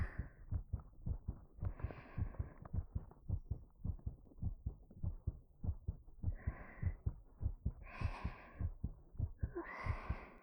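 A steady, fast adult heartbeat thumps loudly at about 100 a minute, heard right at the ear, with a few soft breaths.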